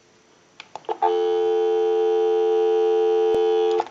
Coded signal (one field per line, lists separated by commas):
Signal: telephone call progress tone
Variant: North America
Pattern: dial tone